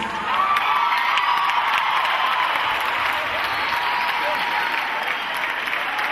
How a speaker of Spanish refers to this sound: Bien, el aplauso es para él, honestamente.